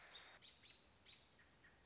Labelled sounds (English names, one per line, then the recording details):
American Robin
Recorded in Sonoma County, California